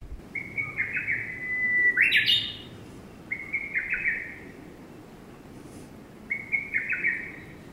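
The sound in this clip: Lesser cuckoo song: three loud, staccato whistled phrases separated by pauses, with a brief noisy burst after the first phrase.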